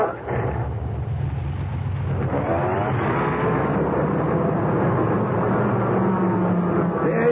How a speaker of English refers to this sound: Mr. Blankenship is here. He wants his car. Does he? Well, we gotta give Ben his car. Let me back it out the shop.